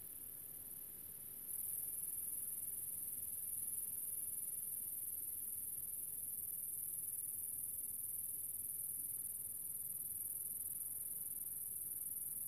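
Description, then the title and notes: Grasshopper's thin, high buzz, quieter at first, then louder and unbroken from about a second and a half onward, over a soft low background rumble. Grasshopper in the countryside near the small town of General Alvear, recorded under the summer sun. "Grasshopper. in a small town called General Alvear. I found myself in the middle of the countryside under the summer sun and this little grasshoper appeard"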